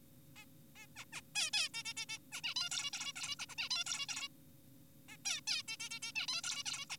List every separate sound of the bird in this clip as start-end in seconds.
0.36-0.45, 0.76-0.86, 0.96-1.05, 1.13-1.21, 1.35-1.50, 1.54-1.69, 1.74-1.83, 1.85-1.94, 1.97-2.06, 2.09-2.18, 2.32-2.41, 2.44-2.54, 2.56-2.69, 2.72-2.90, 2.93-3.12, 3.16-3.35, 3.39-3.46, 3.49-3.55, 3.58-3.69, 3.71-3.84, 3.86-4.06, 4.09-4.28, 5.09-5.17, 5.25-5.41, 5.48-5.62, 5.68-5.77, 5.80-5.90, 5.91-6.00, 6.02-6.12, 6.16-6.27, 6.28-6.42, 6.44-6.64, 6.66-6.86, 6.90-6.96